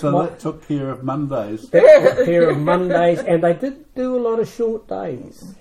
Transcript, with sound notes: So that took care of Mondays..? Yeah…… [Chuckles] took care of Mondays, and they did do a lot of short days.